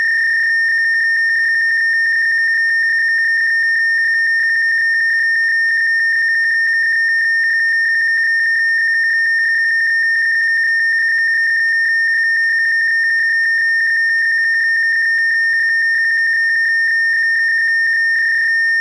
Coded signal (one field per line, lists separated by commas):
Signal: PSK31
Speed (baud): 31.25 baud